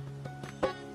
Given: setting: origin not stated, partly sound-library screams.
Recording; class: one-second piece from a danger detection set; normal situation